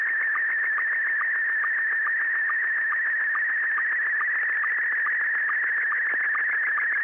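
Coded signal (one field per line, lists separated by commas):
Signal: SSTV (slow-scan television)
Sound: steady warbling tone shifting pitch, with a short low chirp about twice a second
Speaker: an example of the sort of thing I heave around um on the Sundays and on practice nights when I go bell ringing how did it come over with with you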